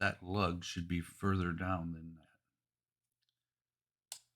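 Someone talks while working a plastic lug on a leg part of a Fanhome Optimus Prime model robot that wasn't going in far enough. After a pause, a single short, sharp click at 4.1 seconds marks the lug suddenly popping fully down into its socket, seating the part in place.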